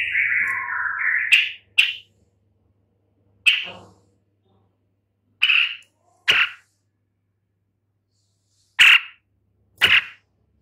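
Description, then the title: Long-tailed shrike giving a drawn-out, wavering nasal call followed by separate short harsh notes spaced irregularly, from under a second to over two seconds apart. "Lanius Schach"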